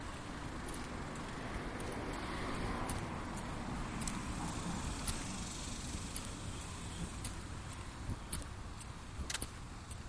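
A walk around the neighborhood at lunchtime, with a steady low rumble of road traffic filling the whole ten seconds. Brief bright clicks and jingles, like keys or small metal taps, come through every second or two, more often toward the end.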